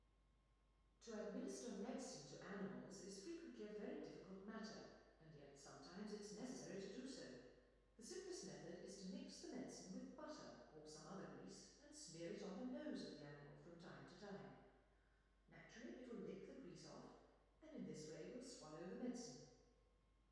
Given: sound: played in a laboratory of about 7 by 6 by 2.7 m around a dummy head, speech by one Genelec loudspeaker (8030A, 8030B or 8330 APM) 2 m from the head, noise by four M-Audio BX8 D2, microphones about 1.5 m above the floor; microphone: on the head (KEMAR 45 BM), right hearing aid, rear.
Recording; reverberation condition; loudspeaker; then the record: female speech in English; high; 90 degrees to the left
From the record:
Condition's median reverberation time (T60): about 1300 ms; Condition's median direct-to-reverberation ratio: about -4.0 dB